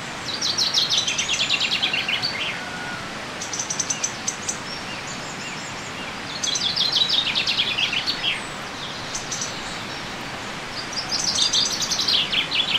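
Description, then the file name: Common chaffinch song: several bright descending phrases ending in a flourish, a few seconds apart, with steady background hiss. "Fringilla coelebs"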